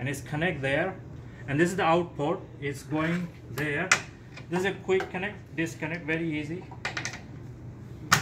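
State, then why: Seated. Someone talks while a hydraulic hose quick-connect coupling is pushed onto a port on a lab trainer. Two small ticks sound near 7.0 s, then a sharp click at 8.1 s as the coupling snaps home and seats.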